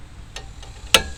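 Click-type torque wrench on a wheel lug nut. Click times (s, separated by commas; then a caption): 0.9 s. A click-type torque wrench tightens a wheel lug nut on a 2013 Kia Soul fitted with 1-inch wheel spacers. Two faint ticks come at about 0.4 s and 0.6 s, then a sharp, loud metallic click at 0.9 s confirms the set torque has been reached.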